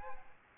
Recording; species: mosquito wingbeat signal from an infrared sensor; Aedes aegypti